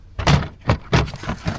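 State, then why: Not seated. A cassette toilet waste tank is slid back, wheels first, into its toilet compartment in a NüCamp Cirrus 620 truck camper. A run of hollow thunks and knocks comes at about 0.4, 0.7, 0.9 and 1.5 s. Nothing has seated or clicked yet.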